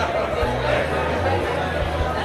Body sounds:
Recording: background sound without coughing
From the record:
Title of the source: CITY SOUNDS Busy Bar in the Evening Night - 2 HOURS of Ambiance for Relaxation

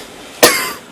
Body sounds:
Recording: coughing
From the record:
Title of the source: 34 coughing up crap again

